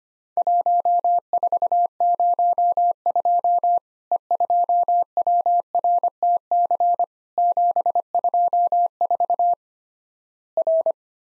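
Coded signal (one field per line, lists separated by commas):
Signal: Morse code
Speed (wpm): 25 wpm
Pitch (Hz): 700 Hz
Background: none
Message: 1402 E2WRTC 724 R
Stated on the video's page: Worked All Europe DX Contest QTC exchange sent at 25wpm as a Morse copying drill, each exchange sent twice.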